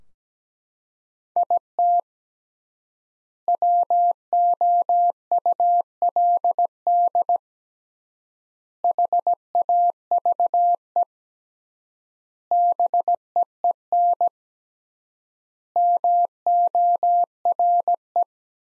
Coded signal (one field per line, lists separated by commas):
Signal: Morse code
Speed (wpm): 17 wpm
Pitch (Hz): 700 Hz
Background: none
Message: IT WOULD HAVE BEEN MORE